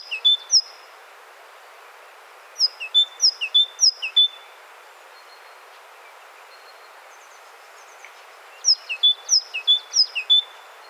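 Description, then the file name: Great tit song in bouts of repeated bright three-note phrases, with a long quiet gap holding faint notes. "Parus major"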